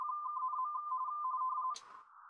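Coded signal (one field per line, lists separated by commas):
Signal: RTTY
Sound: rapid warbling between two close tones for 1.7 seconds, then a crackle of static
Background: radio static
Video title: M0KNM - CQ WW RTTY Contest 2025 27/09/25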